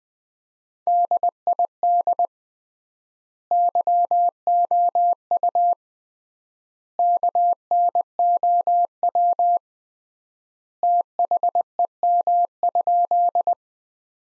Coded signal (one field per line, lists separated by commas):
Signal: Morse code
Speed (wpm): 20 wpm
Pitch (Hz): 700 Hz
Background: none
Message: DID YOU KNOW THEM?